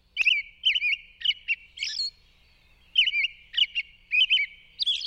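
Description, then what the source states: American robin evening song: clusters of quick caroling phrases interleaved with faint, high, whispery notes, delivered in two bursts with a short silent gap between. Evening song sung from sunset until dark, with ethereal whispered notes added to the carol.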